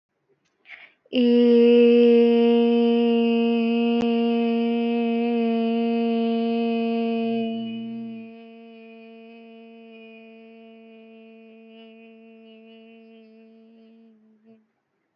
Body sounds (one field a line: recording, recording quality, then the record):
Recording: sustained vowel as in made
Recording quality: excellent, no background noise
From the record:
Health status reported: healthy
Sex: female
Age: 23 years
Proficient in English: yes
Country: India